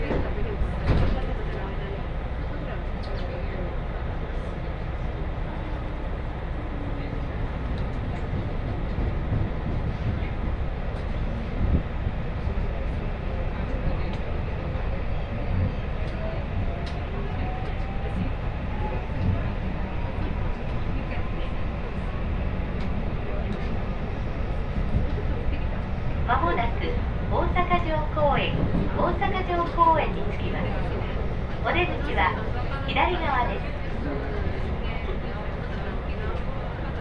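Inside a moving commuter train, a steady low rumble of wheels and motor fills the whole clip, with a faint rising whine around the middle. Near the end, from about 26 to 34 seconds, bursts of speech or an announcement cut through.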